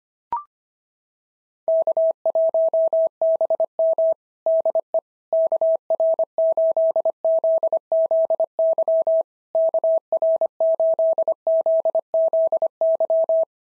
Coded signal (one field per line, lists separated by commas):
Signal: Morse code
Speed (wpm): 24 wpm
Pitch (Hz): 650 Hz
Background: none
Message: K1BM DE KR8ZZY KR8ZZY